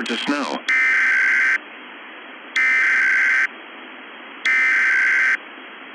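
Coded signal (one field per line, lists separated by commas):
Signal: Emergency Alert System (SAME) tones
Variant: header bursts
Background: speech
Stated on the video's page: Simulated nuclear winter EAS scenario.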